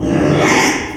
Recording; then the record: squeal of a Yucatan mini pig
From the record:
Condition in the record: after surgery on the right vocal fold (resection and tissue-engineered implant); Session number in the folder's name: 3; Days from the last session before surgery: 33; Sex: male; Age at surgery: 12 weeks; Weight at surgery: 13 kg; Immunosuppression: cyclosporine, prednisolone